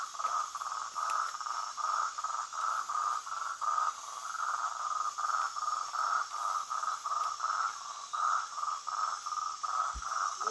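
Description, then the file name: Marty's toad producing a long regular series of short buzzy notes, evenly spaced and unchanging in pitch, with a high insect hum throughout. "Rhinella martyi"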